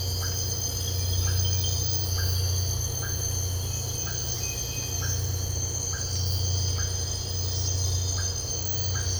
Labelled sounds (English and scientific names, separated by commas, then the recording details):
none
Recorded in dense forest near Puerto Asís, Putumayo, Colombia, on 13 March 2025 at 04:30
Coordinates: 0.468, -76.322
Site GP01